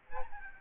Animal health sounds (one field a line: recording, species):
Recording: mosquito wingbeat signal from an infrared sensor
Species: Aedes albopictus